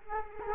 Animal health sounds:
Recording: mosquito wingbeat signal from an infrared sensor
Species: Culex quinquefasciatus

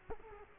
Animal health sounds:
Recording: mosquito wingbeat signal from an infrared sensor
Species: Culex quinquefasciatus

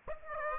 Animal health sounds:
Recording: mosquito wingbeat signal from an infrared sensor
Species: Aedes aegypti

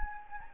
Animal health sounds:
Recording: mosquito wingbeat signal from an infrared sensor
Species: Anopheles gambiae

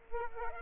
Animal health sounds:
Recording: mosquito wingbeat signal from an infrared sensor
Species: Aedes aegypti

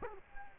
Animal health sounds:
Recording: mosquito wingbeat signal from an infrared sensor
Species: Culex quinquefasciatus

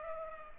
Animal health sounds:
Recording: mosquito wingbeat signal from an infrared sensor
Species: Culex pipiens

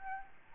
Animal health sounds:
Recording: mosquito wingbeat signal from an infrared sensor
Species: Aedes albopictus

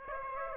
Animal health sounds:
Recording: mosquito wingbeat signal from an infrared sensor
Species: Aedes aegypti

